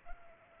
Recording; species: mosquito wingbeat signal from an infrared sensor; Culex pipiens